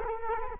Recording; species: mosquito wingbeat signal from an infrared sensor; Culex quinquefasciatus